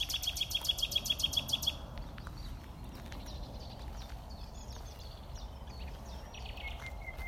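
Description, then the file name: Common nightingale song: a fast, even run of high repeated notes for under two seconds, followed by quiet scattered chirps and a faint whistle. "Luscinia megarhynchos"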